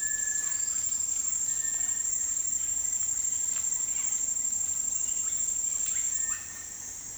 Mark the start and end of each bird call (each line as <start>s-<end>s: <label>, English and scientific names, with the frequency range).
0.00s-2.26s: White-throated Tinamou (Tinamus guttatus) (1.2-2.4 kHz)
5.79s-6.77s: Russet-backed Oropendola (Psarocolius angustifrons) (0.7-4.2 kHz)